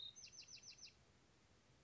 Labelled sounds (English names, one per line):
Bewick's Wren